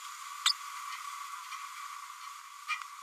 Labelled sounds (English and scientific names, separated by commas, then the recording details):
Green-rumped Parrotlet (Forpus passerinus) babbling
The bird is a female
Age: 31 days
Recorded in a nest box in Venezuela
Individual 17B102A5